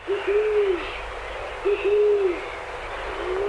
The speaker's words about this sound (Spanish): y las palomas.